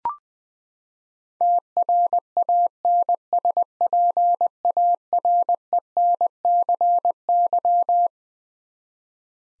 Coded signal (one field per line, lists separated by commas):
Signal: Morse code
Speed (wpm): 21 wpm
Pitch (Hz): 700 Hz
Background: none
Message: TRANSPARENCY